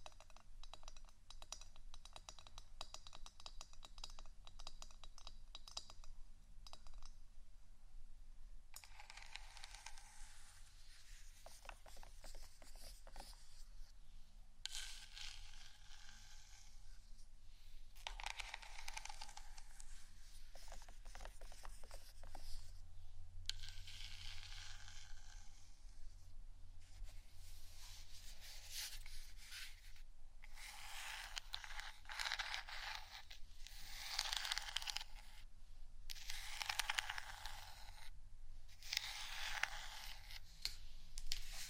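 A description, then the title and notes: Gentle scratching and tapping come in bursts of rough, bright scraping that start and stop every few seconds, with quieter stretches of small ticks between them. The scratching grows denser and louder after about thirty seconds, while a faint low hum runs underneath throughout. ASMR Gentle Scratching & Tapping For Sleep (No Talking).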